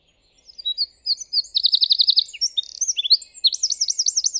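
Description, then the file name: Eurasian wren song: thin rising notes lead into a quick trill, a burst of chatter, and a loud rolling trill that runs on to the end. "Troglodytes troglodytes"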